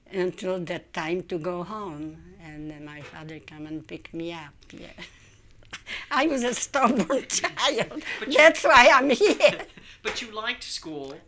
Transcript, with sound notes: until that time to go home, and then my father come and pick me up. ( she laughs ) I was a stubborn child. That's why I'm here.
But you liked school.